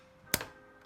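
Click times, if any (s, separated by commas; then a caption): 0.3 s. A bobbin case is lined up with the notch inside a sewing machine's bobbin area and pushed in until it clicks into place at 0.3 s, followed by a softer rattle at 0.4 s over a faint steady hum. The bobbin case is seated in the bobbin compartment.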